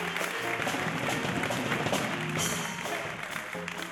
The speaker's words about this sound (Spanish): ¡Un aplauso para él! Batería.